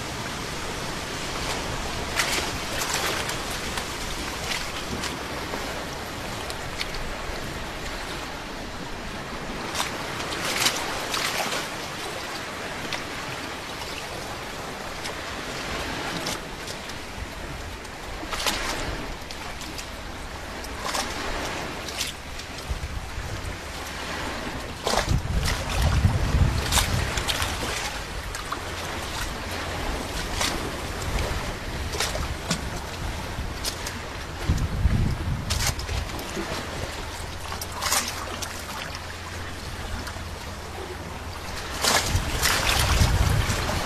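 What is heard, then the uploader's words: Sea waves splash in irregular bursts every few seconds over a steady low hum, with heavier surges near 25, 35 and 43 seconds. Relaxing Sea Wave Sound.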